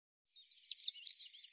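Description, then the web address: European robin singing a short, high twittering phrase of thin, quickly changing notes that starts softly and grows louder. "cianscape birddata Deverinetal 2025 Bird Er Ru"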